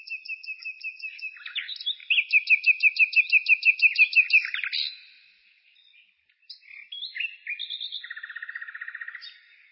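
Bird delivering long, fast trills of repeated notes, pausing briefly, then resuming with buzzy phrases and another rapid rolling trill.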